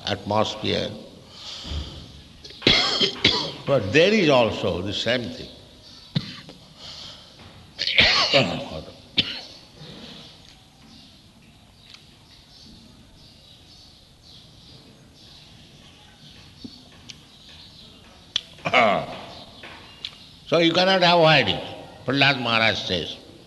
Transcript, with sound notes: atmosphere, but there is also the same thing. [aside, coughing:] Water. So you cannot avoid it, Prahlāda Mahārāja says.